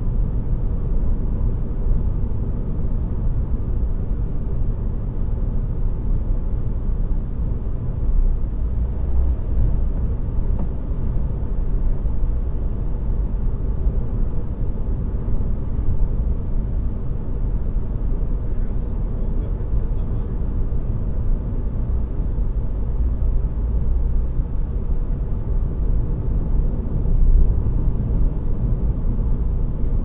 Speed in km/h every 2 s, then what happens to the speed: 90, 90, 90, 90, 92, 93, 94, 90, 91, 92, 92, 92, 92, 92, 87.
0-27 steady at about 92.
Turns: none.